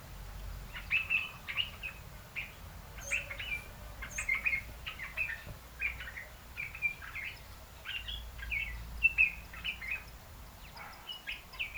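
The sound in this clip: African red-eyed bulbul calls, bright chirped notes repeated in loose phrases throughout, over a steady faint hiss.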